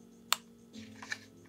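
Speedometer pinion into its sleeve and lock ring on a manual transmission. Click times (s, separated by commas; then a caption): 0.3 s. A speedometer pinion is pressed into its sleeve and lock ring on an S14 manual transmission, giving a sharp snap at 0.3 s as it seats. Softer knocks follow at 1.0 and 1.1 s over faint steady background music.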